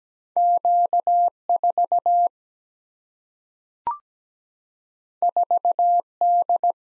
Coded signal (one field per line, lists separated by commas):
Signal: Morse code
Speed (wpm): 17 wpm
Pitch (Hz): 700 Hz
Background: none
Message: Q 4 4 D